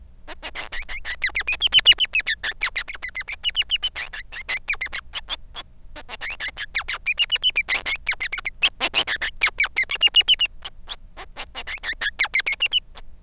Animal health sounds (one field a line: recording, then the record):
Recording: song of a male Bengalese finch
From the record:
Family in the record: son of father 3